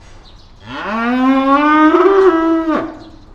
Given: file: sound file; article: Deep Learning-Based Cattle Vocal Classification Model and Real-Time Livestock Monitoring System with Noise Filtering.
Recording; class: cattle; estrus call